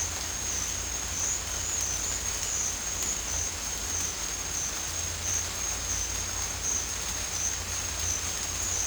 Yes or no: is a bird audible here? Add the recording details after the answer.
no. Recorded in dense forest near Puerto Asís, Putumayo, Colombia, on 21 December 2024 at 07:30. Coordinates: 0.466, -76.327. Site G075